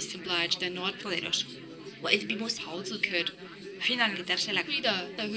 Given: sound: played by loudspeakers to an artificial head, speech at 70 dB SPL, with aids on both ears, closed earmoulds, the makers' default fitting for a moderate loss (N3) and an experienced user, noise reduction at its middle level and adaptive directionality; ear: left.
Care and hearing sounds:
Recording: speech test signal (ISTS) in cocktail-party noise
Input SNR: +3 dB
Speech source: in front (0 degrees)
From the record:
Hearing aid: class 2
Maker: B

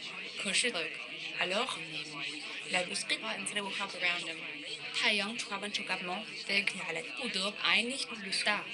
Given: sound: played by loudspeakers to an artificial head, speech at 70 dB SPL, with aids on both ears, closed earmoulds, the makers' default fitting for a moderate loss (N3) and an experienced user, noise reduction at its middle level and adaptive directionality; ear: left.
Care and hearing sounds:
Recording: speech test signal (ISTS) in cocktail-party noise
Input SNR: +6 dB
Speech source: in front (0 degrees)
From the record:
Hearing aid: class 2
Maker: I

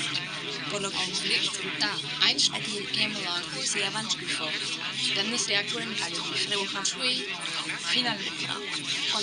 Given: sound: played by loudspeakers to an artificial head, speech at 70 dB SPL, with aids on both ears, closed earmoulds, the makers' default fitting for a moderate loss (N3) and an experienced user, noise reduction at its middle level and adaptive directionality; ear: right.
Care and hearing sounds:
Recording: speech test signal (ISTS) in cocktail-party noise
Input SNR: -3 dB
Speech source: on the right (90 degrees)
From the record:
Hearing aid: class 2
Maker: A

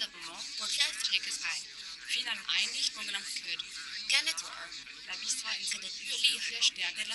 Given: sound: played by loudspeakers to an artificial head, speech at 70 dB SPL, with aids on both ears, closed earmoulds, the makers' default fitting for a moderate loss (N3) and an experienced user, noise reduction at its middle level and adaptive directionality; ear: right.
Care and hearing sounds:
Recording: speech test signal (ISTS) in cocktail-party noise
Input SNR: 0 dB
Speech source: on the right (90 degrees)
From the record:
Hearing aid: class 2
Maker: H

